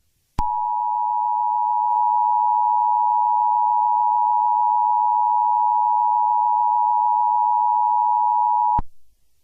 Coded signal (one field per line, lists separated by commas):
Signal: Emergency Alert System (SAME) tones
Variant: 853 and 960 Hz attention tone